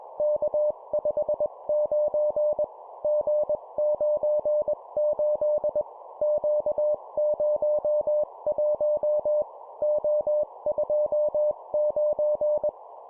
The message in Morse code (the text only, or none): K59 G98 Q01 O29